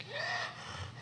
In her excitement, her breathing suddenly got very labored. It sounded like someone was having an asthma attack. It was very raspy and scary, like she could die at any second.